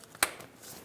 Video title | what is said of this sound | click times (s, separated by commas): How to Replace Front Engine Mount 2011-2018 RAM 1500 5.7L V8 | Push until you hear a click | 0.2 s